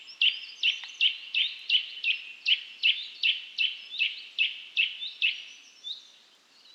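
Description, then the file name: Eurasian nuthatch calls: an even series of loud whistled notes, about two or three per second, fading out near the end. "Sitta europaea"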